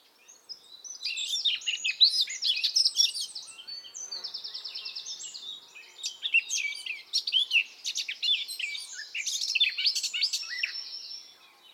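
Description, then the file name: Eurasian blackcap song, a long, busy warble of sharp chirps and twittering notes with a short buzzy trilled passage in the middle. "Sylvia atricapilla"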